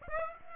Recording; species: mosquito wingbeat signal from an infrared sensor; Aedes aegypti